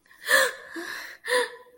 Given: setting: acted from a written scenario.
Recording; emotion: vocal sound without words; distress